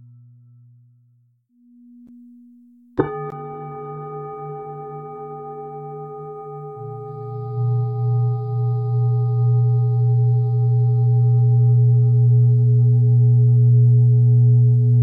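Tibetan singing bowls hum softly with low tones for the first few seconds, then a bowl is struck sharply at about three seconds. Its bright ringing tone sustains and slowly swells, with a deep rolling hum growing louder and pulsing steadily to the end.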